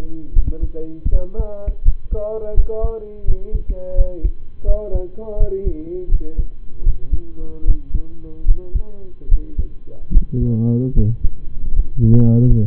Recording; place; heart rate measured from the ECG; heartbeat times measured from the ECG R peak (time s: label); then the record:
heart sounds by stethoscope; between the tricuspid and mitral areas; 79 bpm
0.33 s: heartbeat
1.09 s: heartbeat
1.82 s: heartbeat
2.53 s: heartbeat
3.24 s: heartbeat
3.94 s: heartbeat
4.64 s: heartbeat
5.37 s: heartbeat
6.08 s: heartbeat
6.83 s: heartbeat
7.64 s: heartbeat
8.45 s: heartbeat
9.28 s: heartbeat
10.11 s: heartbeat
10.93 s: heartbeat
11.72 s: heartbeat
12.46 s: heartbeat
From the record:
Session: rest, lying down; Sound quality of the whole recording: partially saturated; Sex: male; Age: 25 years